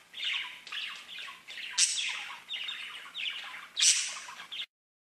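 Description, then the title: Budgerigar calling: a series of harsh warbled phrases and chirps with two louder high squawks, ending abruptly in silence. "Budgie Sounds"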